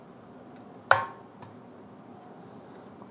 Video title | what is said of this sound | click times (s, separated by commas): Prusa MK4 Kit unboxing and assembly - full video | there we go it has like kind of pop into place almost | 0.9 s